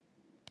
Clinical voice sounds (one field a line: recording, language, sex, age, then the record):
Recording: spoken sentence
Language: Brazilian Portuguese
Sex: female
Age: 70 to 79 years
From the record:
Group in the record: control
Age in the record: 71 years